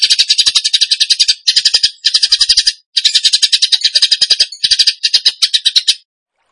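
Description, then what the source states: Bird song: rapid machine-gun-like bursts of high, dry staccato notes, delivered in runs separated by short breaks. Masteran (training recording) in the tembakan gacor style.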